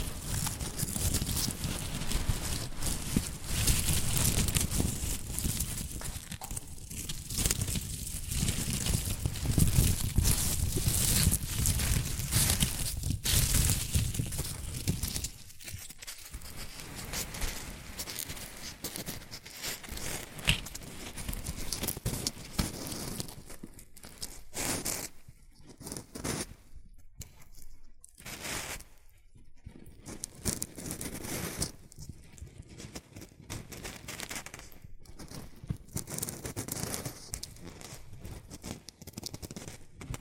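Shredded tissue and packing peanuts are rustled and crinkled in a dense, continuous handling sound. For the first fifteen seconds it is fuller and heavier with a low rumble; after that it turns thinner and brighter, broken by short pauses and sharp crackling bursts.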